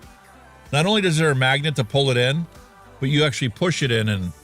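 A plastic pod cartridge is being handled for a Vubu IMA3 pod mod, where a magnet pulls it in and it is then pushed in the rest of the way. Someone talks throughout, with no distinct mechanical sounds. Nothing has seated or clicked yet.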